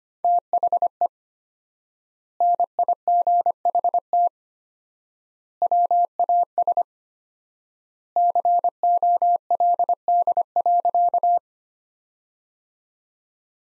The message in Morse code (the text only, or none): THE NIGHT WAS COLD.